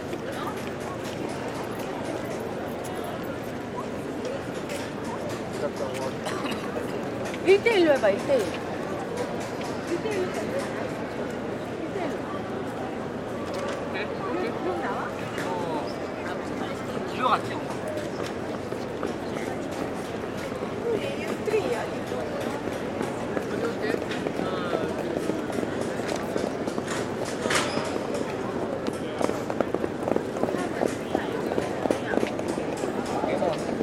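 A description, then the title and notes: Ambient sound in Munich: a dense, steady murmur of many voices, with no single speaker standing out. Footsteps and small clicks scatter throughout, and a few brief, sharper sounds rise above the crowd around 8, 17 and 27 seconds. Munich's St. Peter. Ambient sound of Munich. Recorded using Zoom F6 & Rode NT5 Pair in OTRF configuration.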